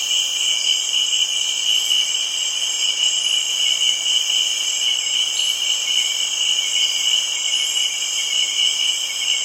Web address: BBC Africa Cameroon. kribi early evening tropical rain forest atmosphere with insects and frogs